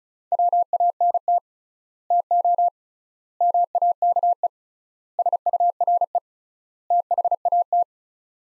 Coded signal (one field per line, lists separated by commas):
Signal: Morse code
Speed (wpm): 36 wpm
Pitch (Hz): 700 Hz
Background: none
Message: WANT TO MAKE SURE THAT